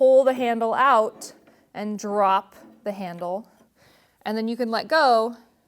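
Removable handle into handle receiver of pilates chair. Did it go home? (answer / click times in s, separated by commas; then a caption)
no / none. A removable handle is pulled out past the nub and dropped into the handle receiver of a Pilates chair while someone talks throughout. The handle has not yet snapped into place; nothing has seated or clicked yet.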